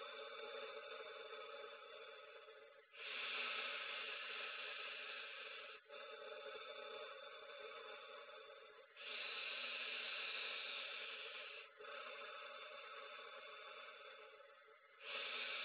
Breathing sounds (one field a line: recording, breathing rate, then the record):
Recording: paced breathing near a phone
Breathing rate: 10 breaths a minute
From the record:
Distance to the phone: 20 cm